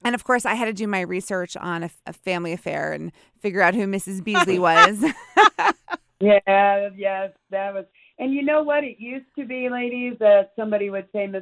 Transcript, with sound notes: And of course, I had to do my research on A Family Affair and figure out who Mrs. Beasley was. (laughing)
Yeah, that was and you know what it used to be ladies that somebody would say Mrs.